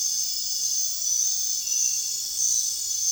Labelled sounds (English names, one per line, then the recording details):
none
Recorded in dense forest near Puerto Asís, Putumayo, Colombia, on 22 June 2025 at 21:00
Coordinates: 0.466, -76.327
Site GP04